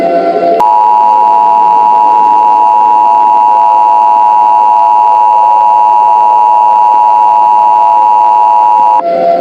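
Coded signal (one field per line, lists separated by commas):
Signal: Emergency Alert System (SAME) tones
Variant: 853 and 960 Hz attention tone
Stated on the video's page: Recreated EAS scenario using valid EAS tones, not a real alert.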